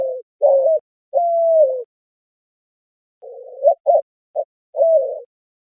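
White-winged dove coos: a few short hoots and one long level note, then a pause, then a rougher cluster of brief hooting notes.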